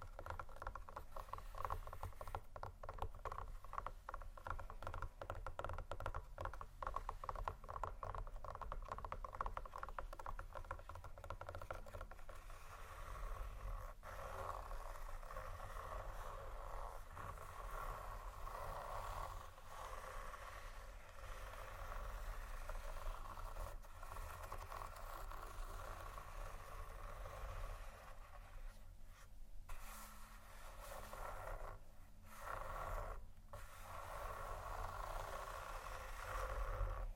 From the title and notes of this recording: ASMR Scratchingtapping On Textures（No Talking）.